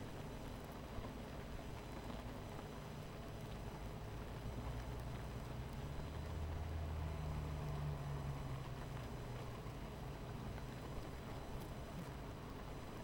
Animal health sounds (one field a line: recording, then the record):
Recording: honeybee colony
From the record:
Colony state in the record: missing queen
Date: 14 July 2017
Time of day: 18:00